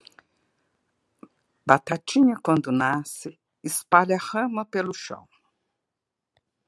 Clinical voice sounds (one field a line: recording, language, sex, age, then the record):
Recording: short text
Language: Brazilian Portuguese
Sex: female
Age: 60 to 69 years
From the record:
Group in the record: control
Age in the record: 67 years